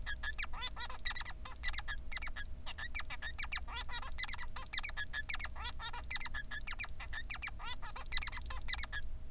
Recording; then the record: song of a male Bengalese finch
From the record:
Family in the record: son of father 3